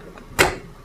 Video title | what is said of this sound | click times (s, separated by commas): PosiTouch - printer troubleshooting tips connections 720 | releasing the lock | 0.4 s